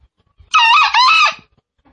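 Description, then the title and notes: Green junglefowl crowing: one hoarse, harmonic two-part call lasting under a second, with little else heard. Lure (pemikat) recording for junglefowl, described as real sound. "Panggilan Ayam Hutan. Master Suara Ayam Hutan Hijau Real Sound Green Jungle Fowl. Pemikat Ayam Hutan"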